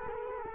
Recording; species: mosquito wingbeat signal from an infrared sensor; Culex quinquefasciatus